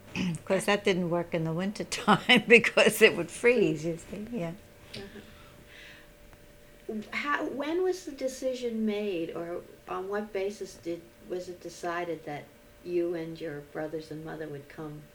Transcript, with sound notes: Of course that didn't work in the wintertime ( she laughs ) because it would freeze, you see? Yeah.
When was the decision made, or on what basis was it decided that you and your brothers and mother would come